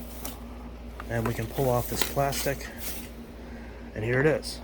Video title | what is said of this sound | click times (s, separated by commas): New Bissell PowerForce Helix Unboxing, Assembly, & Usage Tutorial (3313) | And it starts off in the recline position, but we're going to push it forward until it clicks into place. There it clicks. | 0.2 s